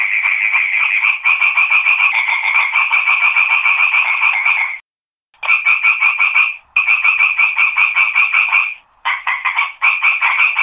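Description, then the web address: Frog calling in fast, rattling croaks, broken by a few abrupt silent gaps before the rasping pulses resume. Recorded on Crete, 2011–2012. "crete 2011-2012 audio sammakko"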